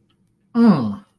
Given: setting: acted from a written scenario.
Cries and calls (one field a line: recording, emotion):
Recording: vocal sound without words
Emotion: disgust